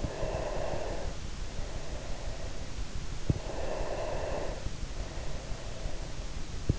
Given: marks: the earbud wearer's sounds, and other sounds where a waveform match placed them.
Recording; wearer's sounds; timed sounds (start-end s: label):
sounds in sleep by an in-ear microphone; breath
0.16-2.82 s: breath
3.21-6.26 s: breath